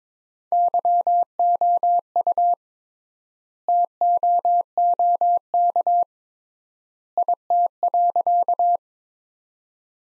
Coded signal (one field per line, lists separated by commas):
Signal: Morse code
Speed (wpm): 21 wpm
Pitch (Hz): 700 Hz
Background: none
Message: YOU TOOK IT.